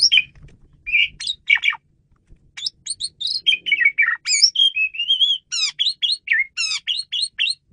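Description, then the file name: Asian pied starling giving a busy run of varied whistled and chirping notes, some rising, some falling and slurred, packed closely together over about eight seconds. Female bird, used as a lure bird. "jalak suren betina pemikat"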